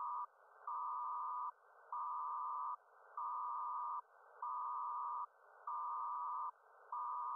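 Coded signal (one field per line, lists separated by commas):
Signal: HF data modem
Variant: PACTOR-II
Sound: rhythmic buzzy data bursts around 1 kHz with brief hissy pauses, six cycles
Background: radio static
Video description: Decoding a PACTORII transmission.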